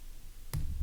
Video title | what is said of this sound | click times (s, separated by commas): Crossed Stars Bracelet Tutorial - made with SuperDuos Smooth beads | if you've never seen one of these um this is what it looks like and it just snaps into place | 0.5 s